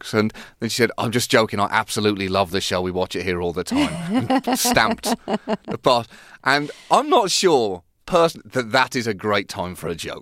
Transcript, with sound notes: And then she said I'm just joking. I absolutely love the show; we watch it here all the time. (LAUGHTER) Stamped the pass. And I'm not sure personally that that is a great time for a joke.